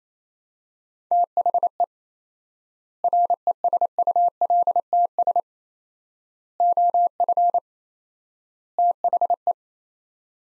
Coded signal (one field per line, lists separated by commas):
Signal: Morse code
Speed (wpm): 27 wpm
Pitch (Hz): 700 Hz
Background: none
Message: THE RESULTS OF THE